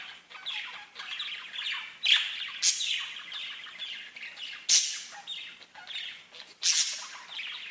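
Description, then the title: Budgerigar chatter: steady scratchy warbling broken by several loud sharp squawks. "Budgie Sounds"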